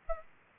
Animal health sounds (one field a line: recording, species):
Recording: mosquito wingbeat signal from an infrared sensor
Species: Aedes aegypti